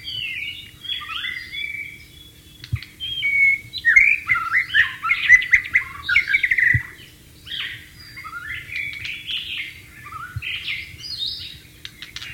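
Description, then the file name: White-rumped shama song: a continuous, intricate string of whistles, warbles and buzzy notes, louder in the middle, with occasional low thumps and a steady hum. Wild bird, in the wild. "suara burung murai batu di alam liar"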